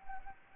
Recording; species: mosquito wingbeat signal from an infrared sensor; Anopheles gambiae